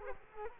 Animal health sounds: mosquito wingbeat signal from an infrared sensor; Culex quinquefasciatus

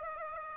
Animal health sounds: mosquito wingbeat signal from an infrared sensor; Aedes aegypti

